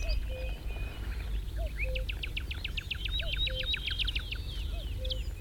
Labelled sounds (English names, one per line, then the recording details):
Cirl Bunting
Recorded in the wild
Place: Melnik, Blagoewgrad, BG
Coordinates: 41.525, 23.392
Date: 1974-05-23
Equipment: Nagra III BH, Sennheiser MD 21, parabola
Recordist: Schubert, Michael
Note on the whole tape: Zaunammer, 2 Strophen